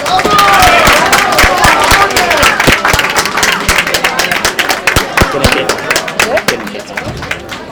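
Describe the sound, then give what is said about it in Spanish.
A crowd bursts into sustained applause, dense rapid clapping holding steady for several seconds, with cheering and voices mixed in early on before the clapping slowly thins out; an audience applauding the contestants of a freestyle rap battle (concurso de gallos) presented by Onda Bahía at the Jornadas Culturales. “¡Un aplauso!”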